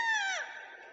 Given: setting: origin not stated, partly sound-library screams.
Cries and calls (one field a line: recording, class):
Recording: one-second piece from a danger detection set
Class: woman in danger